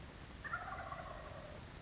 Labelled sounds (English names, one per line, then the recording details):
Wild Turkey
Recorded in Sonoma County, California